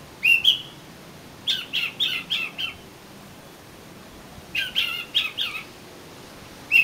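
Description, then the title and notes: Oriental magpie-robin singing short bright whistled notes and harsh chips in two quick bursts, each a run of four or five notes, over faint background hiss. "suara kacer. kumpulan suara burung kacer"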